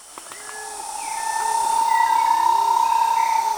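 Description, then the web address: Bahia tapaculo giving a long, steady sound on one pitch that swells in loudness, with thin slurred whistles of other birds around it. "Bahia tapaculo. صدای-پرنده-تپلک-باهیا"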